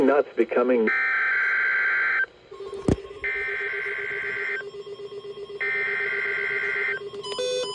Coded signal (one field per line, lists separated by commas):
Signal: Emergency Alert System (SAME) tones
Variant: header bursts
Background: speech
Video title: EAS #2112-2115 LOT RWT